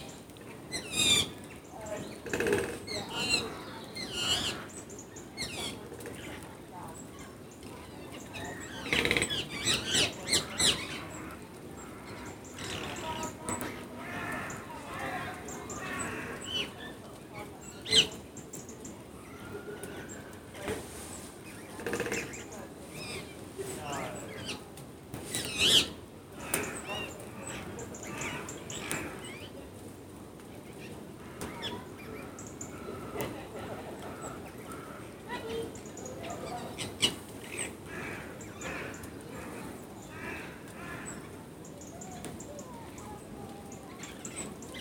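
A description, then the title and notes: Woodpecker tapping and parakeet calls come in bright, scattered bursts throughout, with sharp knocks standing out around 18 and 26 seconds over a quiet outdoor hush. Woodpecker and Parakeets, Palace Road Nature Garden. January. Bird sounds in the snow.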